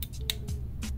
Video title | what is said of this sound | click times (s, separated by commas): OTF Knife Fix | pull it all the way back out until you hear a little click | 0.3 s